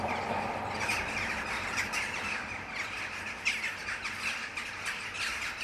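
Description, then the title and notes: Western jackdaws in a dense chorus of overlapping harsh, clipped squawks and chacks that run on continuously without a break. Territorial calls from several jackdaws, recorded in the afternoon near sunset. "untitled [Jackdaws, mainly]. the jackdaws were so good this afternoon. this territorial racket any day i'm around near sunset"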